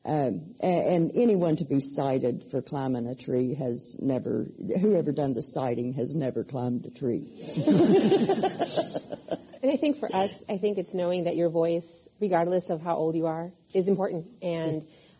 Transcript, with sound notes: And anyone to be cited for climbing a tree has never – whoever done the citing has never climbed a tree.
[Laughter]
And I think, for us, I think it's knowing that your voice, regardless of how old you are is important